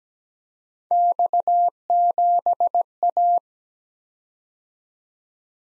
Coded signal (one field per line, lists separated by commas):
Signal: Morse code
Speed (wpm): 17 wpm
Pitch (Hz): 700 Hz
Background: none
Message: X7A